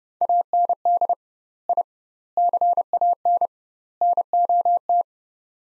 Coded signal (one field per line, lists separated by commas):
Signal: Morse code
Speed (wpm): 30 wpm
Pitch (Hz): 700 Hz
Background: none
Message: AND I CAN NOT